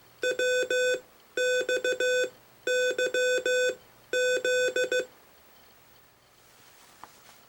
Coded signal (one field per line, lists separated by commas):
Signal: Morse code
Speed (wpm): 15 wpm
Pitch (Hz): 1500 Hz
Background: none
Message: WXYZ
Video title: Morse Code and Ham Radio